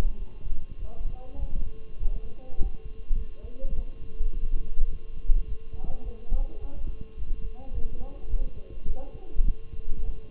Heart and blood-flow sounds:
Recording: heart sounds by stethoscope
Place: between the tricuspid and mitral areas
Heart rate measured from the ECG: 103 bpm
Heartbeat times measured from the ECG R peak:
0.17 s: heartbeat
0.77 s: heartbeat
1.37 s: heartbeat
1.97 s: heartbeat
2.57 s: heartbeat
3.16 s: heartbeat
3.74 s: heartbeat
4.32 s: heartbeat
4.89 s: heartbeat
5.46 s: heartbeat
6.02 s: heartbeat
6.59 s: heartbeat
7.16 s: heartbeat
7.72 s: heartbeat
8.29 s: heartbeat
8.86 s: heartbeat
9.44 s: heartbeat
10.03 s: heartbeat
From the record:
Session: walking at 3.7 km/h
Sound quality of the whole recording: good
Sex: male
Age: 23 years

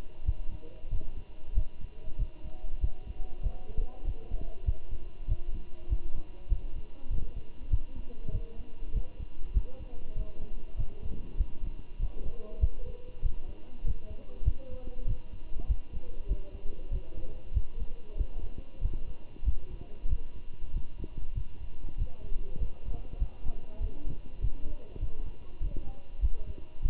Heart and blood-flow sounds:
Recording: heart sounds by stethoscope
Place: between the tricuspid and mitral areas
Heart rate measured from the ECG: 97 bpm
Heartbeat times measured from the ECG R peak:
0.26 s: heartbeat
0.91 s: heartbeat
1.55 s: heartbeat
2.19 s: heartbeat
2.82 s: heartbeat
3.43 s: heartbeat
4.06 s: heartbeat
4.66 s: heartbeat
5.28 s: heartbeat
5.90 s: heartbeat
6.50 s: heartbeat
7.11 s: heartbeat
7.71 s: heartbeat
8.33 s: heartbeat
8.94 s: heartbeat
9.54 s: heartbeat
10.16 s: heartbeat
10.77 s: heartbeat
11.38 s: heartbeat
12.00 s: heartbeat
12.61 s: heartbeat
13.23 s: heartbeat
13.85 s: heartbeat
14.45 s: heartbeat
15.08 s: heartbeat
15.68 s: heartbeat
16.29 s: heartbeat
16.92 s: heartbeat
17.54 s: heartbeat
18.18 s: heartbeat
18.82 s: heartbeat
19.45 s: heartbeat
20.10 s: heartbeat
20.74 s: heartbeat
21.35 s: heartbeat
21.98 s: heartbeat
22.60 s: heartbeat
23.20 s: heartbeat
23.81 s: heartbeat
24.41 s: heartbeat
25.01 s: heartbeat
25.61 s: heartbeat
26.21 s: heartbeat
26.83 s: heartbeat
From the record:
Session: walking at 3.7 km/h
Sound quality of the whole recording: good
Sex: male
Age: 23 years

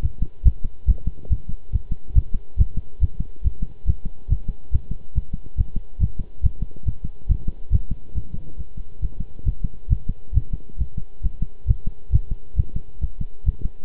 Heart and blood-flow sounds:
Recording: heart sounds by stethoscope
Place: between the tricuspid and mitral areas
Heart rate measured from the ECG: 138 bpm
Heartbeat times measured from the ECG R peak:
0.02 s: heartbeat
0.45 s: heartbeat
0.88 s: heartbeat
1.30 s: heartbeat
1.72 s: heartbeat
2.15 s: heartbeat
2.58 s: heartbeat
3.01 s: heartbeat
3.44 s: heartbeat
3.87 s: heartbeat
4.30 s: heartbeat
4.72 s: heartbeat
5.15 s: heartbeat
5.57 s: heartbeat
6.00 s: heartbeat
6.43 s: heartbeat
6.86 s: heartbeat
7.29 s: heartbeat
7.72 s: heartbeat
8.15 s: heartbeat
8.58 s: heartbeat
9.01 s: heartbeat
9.45 s: heartbeat
9.90 s: heartbeat
10.34 s: heartbeat
10.78 s: heartbeat
11.23 s: heartbeat
11.67 s: heartbeat
12.12 s: heartbeat
12.56 s: heartbeat
13.01 s: heartbeat
13.45 s: heartbeat
From the record:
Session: pedaling a stationary bicycle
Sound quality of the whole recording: good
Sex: male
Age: 23 years

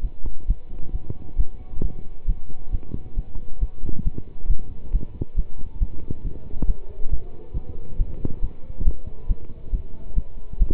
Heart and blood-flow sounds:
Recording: heart sounds by stethoscope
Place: between the tricuspid and mitral areas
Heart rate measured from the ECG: 136 bpm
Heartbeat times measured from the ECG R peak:
0.01 s: heartbeat
0.46 s: heartbeat
0.92 s: heartbeat
1.37 s: heartbeat
1.81 s: heartbeat
2.26 s: heartbeat
2.71 s: heartbeat
3.15 s: heartbeat
3.59 s: heartbeat
4.04 s: heartbeat
4.48 s: heartbeat
4.91 s: heartbeat
5.35 s: heartbeat
5.79 s: heartbeat
6.23 s: heartbeat
6.66 s: heartbeat
7.10 s: heartbeat
7.54 s: heartbeat
7.97 s: heartbeat
8.40 s: heartbeat
8.84 s: heartbeat
9.28 s: heartbeat
9.71 s: heartbeat
10.15 s: heartbeat
10.58 s: heartbeat
From the record:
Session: pedaling a stationary bicycle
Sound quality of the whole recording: good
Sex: male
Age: 27 years

